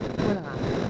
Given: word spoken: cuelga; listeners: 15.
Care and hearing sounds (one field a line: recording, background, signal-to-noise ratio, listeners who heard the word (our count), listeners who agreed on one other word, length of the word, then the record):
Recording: one Spanish word in noise, from a listening test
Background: noise modulated by three-talker babble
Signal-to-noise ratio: -3.7 dB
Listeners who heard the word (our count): 6 of 15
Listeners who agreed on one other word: 9 of 15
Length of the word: 0.50 s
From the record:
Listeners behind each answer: 9, 6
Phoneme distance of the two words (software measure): 7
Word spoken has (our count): 2 syllables, 6 phonemes, stress on syllable 1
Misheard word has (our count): 2 syllables, 5 phonemes, stress on syllable 1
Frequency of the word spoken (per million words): 6.76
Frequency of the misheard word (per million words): 55.28